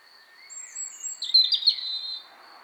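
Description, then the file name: European robin singing one phrase, starting with thin drawn-out high notes and ending in a quick sparkling warble, with a faint steady whine behind. "Erithacus rubecula"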